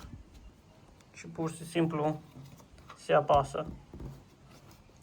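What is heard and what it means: Someone talks while the air filter of a Stihl MS 162 chainsaw is set into the two retaining clips of its filter housing, ready to be pressed down, with a few faint handling knocks. Nothing has seated or clicked yet.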